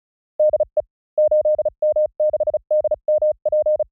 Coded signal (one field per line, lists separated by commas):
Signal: Morse code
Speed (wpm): 36 wpm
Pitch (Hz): 610 Hz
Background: none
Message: DE 8M6DMP